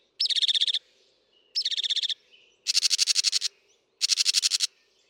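Northern mockingbird song, four rapid rattling trills, the first two more musical, the last two harsher and buzzier.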